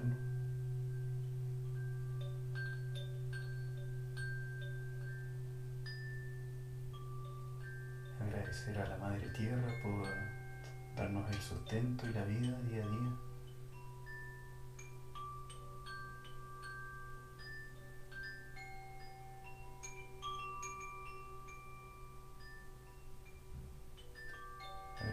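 Tibetan singing bowls hum in a steady low drone, with small bright chime-like strikes ringing out every second or two. Between about eight and thirteen seconds a voice joins in, holding wavering sung tones before fading, leaving the bowls and chimes to continue.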